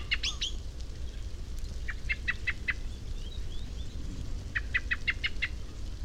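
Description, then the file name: Common blackbird giving sharp clicking call notes in a few quick bursts of several, over a steady low rumble. "Turdus merula"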